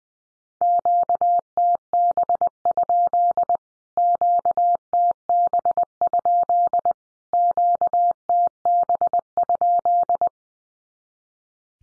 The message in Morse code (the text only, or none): QTB? QTB? QTB?